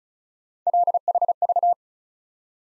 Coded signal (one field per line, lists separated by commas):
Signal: Morse code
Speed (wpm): 36 wpm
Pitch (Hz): 700 Hz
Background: none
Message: LHV